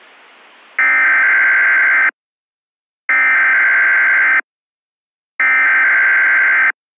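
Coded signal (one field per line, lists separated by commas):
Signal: Emergency Alert System (SAME) tones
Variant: header bursts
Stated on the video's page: Fictional analog-horror EAS alert tones themed on Black Mesa.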